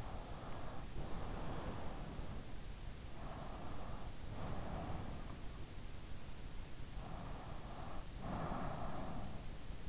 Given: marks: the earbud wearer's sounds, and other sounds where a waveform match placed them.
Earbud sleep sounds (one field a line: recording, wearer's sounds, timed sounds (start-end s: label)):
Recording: sounds in sleep by an in-ear microphone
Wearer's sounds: breath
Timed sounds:
0.18-2.46 s: breath
3.27-5.50 s: breath
6.98-9.89 s: breath